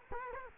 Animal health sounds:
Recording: mosquito wingbeat signal from an infrared sensor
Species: Culex quinquefasciatus

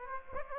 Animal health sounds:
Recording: mosquito wingbeat signal from an infrared sensor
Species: Aedes aegypti

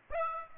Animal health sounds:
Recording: mosquito wingbeat signal from an infrared sensor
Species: Aedes aegypti

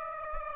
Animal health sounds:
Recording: mosquito wingbeat signal from an infrared sensor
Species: Aedes aegypti

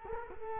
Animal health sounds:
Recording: mosquito wingbeat signal from an infrared sensor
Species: Culex quinquefasciatus

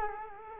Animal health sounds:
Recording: mosquito wingbeat signal from an infrared sensor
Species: Culex quinquefasciatus

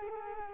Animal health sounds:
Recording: mosquito wingbeat signal from an infrared sensor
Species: Culex quinquefasciatus

